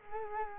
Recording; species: mosquito wingbeat signal from an infrared sensor; Culex quinquefasciatus